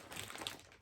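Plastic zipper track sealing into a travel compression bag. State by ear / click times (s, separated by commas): seated / 0.5 s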